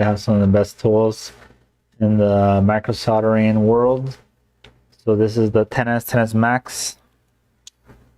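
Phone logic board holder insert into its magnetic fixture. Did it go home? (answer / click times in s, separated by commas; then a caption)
no / none. An iPhone XS Max logic board holder from a microsoldering tool set is handled as it is fitted toward its magnetic fixture, which it snaps into magnetically. Someone talks over most of the clip, with a brief faint tick near 7.7 s. The clip ends before the part goes home, and nothing has seated or clicked yet.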